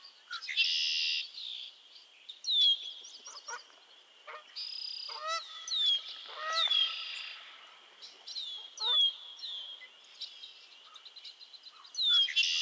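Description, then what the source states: Frogs calling together: loud buzzy trills, sliding whistled peeps and lower stacked notes. Chorus of frogs calling to one another on a summer evening at Miners Marsh, Annapolis Valley, Nova Scotia.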